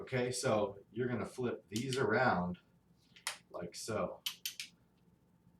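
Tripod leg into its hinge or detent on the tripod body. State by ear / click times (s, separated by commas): seated / 4.5 s, 4.6 s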